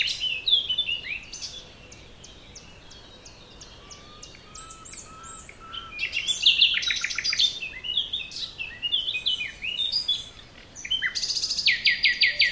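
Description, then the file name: Common nightingale song: varied phrases of sharp chirps, rapid repeated clicks and buzzy trills, with a soft low whistle and quiet pauses between bursts. "Luscinia megarhynchos"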